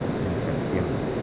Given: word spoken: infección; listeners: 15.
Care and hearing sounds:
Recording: one Spanish word in noise, from a listening test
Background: speech-shaped noise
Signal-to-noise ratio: -6.3 dB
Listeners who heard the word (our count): 1 of 15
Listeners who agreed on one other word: 8 of 15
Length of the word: 0.82 s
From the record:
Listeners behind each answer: 8, 1, 1, 1, 1, 1, 1, 1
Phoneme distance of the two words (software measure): 30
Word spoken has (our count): 3 syllables, 9 phonemes, stress on syllable 3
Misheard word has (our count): 3 syllables, 9 phonemes, stress on syllable 3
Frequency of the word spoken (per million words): 26.24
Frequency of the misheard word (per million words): 73.13

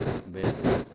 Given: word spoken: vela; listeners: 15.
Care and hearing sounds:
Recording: one Spanish word in noise, from a listening test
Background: noise modulated by one talker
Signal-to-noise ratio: -12.3 dB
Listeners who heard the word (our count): 1 of 15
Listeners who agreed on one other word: 10 of 15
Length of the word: 0.54 s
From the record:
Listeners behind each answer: 10, 1, 1, 1, 1, 1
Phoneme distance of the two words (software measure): 17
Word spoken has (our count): 2 syllables, 4 phonemes, stress on syllable 1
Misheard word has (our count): 1 syllable, 3 phonemes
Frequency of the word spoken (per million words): 18.48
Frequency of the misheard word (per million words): 435.76

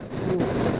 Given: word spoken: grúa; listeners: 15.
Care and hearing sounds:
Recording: one Spanish word in noise, from a listening test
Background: noise modulated by three-talker babble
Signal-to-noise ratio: -3.1 dB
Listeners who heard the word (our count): 0 of 15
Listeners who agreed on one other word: 6 of 15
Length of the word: 0.40 s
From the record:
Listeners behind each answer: 6, 2, 1, 1, 1, 1, 1, 1, 1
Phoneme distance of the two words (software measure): 24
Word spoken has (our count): 2 syllables, 4 phonemes, stress on syllable 1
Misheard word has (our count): 1 syllable, 2 phonemes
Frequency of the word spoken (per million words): 3.23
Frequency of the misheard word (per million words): 308.45

